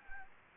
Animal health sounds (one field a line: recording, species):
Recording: mosquito wingbeat signal from an infrared sensor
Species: Anopheles gambiae